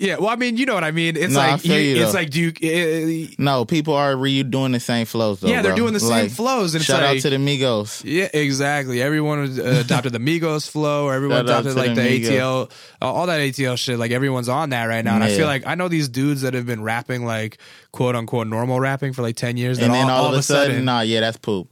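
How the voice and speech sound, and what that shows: Casual, fluent conversation between adult men, with quick back-and-forth agreement and ordinary voicing, rate and articulation.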